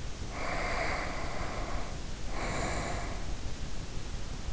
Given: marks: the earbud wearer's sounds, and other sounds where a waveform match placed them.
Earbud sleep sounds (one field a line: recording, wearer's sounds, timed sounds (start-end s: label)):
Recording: sounds in sleep by an in-ear microphone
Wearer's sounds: breath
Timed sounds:
0.28-3.37 s: breath